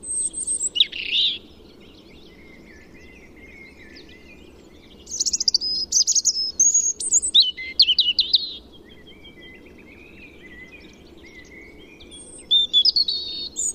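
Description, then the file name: European robin song: high, thin warbled phrases with sweeping trills, separated by pauses, plus faint lower twittering in the gaps over a steady low background hiss. "Erithacus rubecula"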